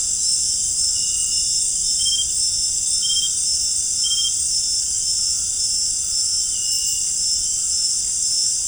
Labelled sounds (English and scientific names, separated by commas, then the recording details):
none
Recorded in dense forest near Puerto Asís, Putumayo, Colombia, on 23 June 2025 at 18:30
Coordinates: 0.481, -76.323
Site G072